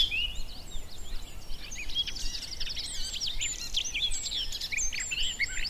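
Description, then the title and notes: Garden warbler song as a dense, breathless stream of sweet warbling notes and quick chatter, sustained without pause. Male singing in spring on a scrubby hillside with hawthorns in bloom; a migrant; described as fluted and rather frenetic; recorded by Fergus Collins. "Sound escape 65: be enchanted by the little-known song of the garden warbler. the scrubby hillside hawthorns burst into bloom. a male garden warbler into his fluted song. Recorded by Fergus Collins"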